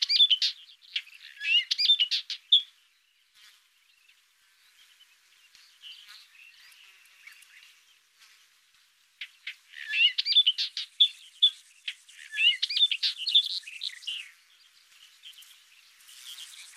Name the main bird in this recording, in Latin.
Hippolais languida